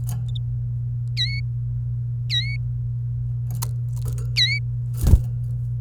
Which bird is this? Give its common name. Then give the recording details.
Domestic Canary. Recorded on 28 April 2018 at 08:05. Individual llb3